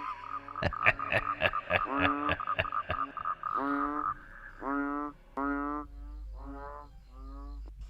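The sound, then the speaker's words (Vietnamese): Frogs croak by a pond beside a cemetery, starting with a run of sharp, rapid clicks and giving way to repeated buzzy, pulsing calls in short bursts, fairly loud, with no talking. “Trong không gian im ắng, chỉ còn lại tiếng cười khùng khục của người kia và tiếng ếch nhái vẫn cứ râm ran ở cái đìa ngay bên cạnh nghĩa địa.”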